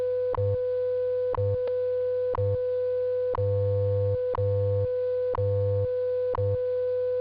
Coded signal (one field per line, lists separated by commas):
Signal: radio time signal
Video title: WWV with scientific modulation tone test